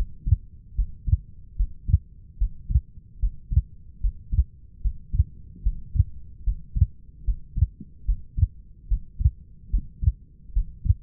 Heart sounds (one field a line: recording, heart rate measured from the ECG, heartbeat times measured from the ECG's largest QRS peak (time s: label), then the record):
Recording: heart sounds by stethoscope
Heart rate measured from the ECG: 74 bpm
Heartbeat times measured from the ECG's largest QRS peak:
0.75 s: heartbeat
1.57 s: heartbeat
2.38 s: heartbeat
3.20 s: heartbeat
4.01 s: heartbeat
4.82 s: heartbeat
5.63 s: heartbeat
6.44 s: heartbeat
7.25 s: heartbeat
8.05 s: heartbeat
8.88 s: heartbeat
9.70 s: heartbeat
10.53 s: heartbeat
From the record:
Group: healthy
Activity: Valsalva maneuver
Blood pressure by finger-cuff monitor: 119/77 mmHg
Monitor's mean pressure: 91 mmHg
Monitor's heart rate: 74 bpm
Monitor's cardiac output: 5.7 L/min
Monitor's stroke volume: 78 mL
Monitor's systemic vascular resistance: 1170 dyn s/cm5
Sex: female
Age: 37 years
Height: 168 cm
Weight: 70 kg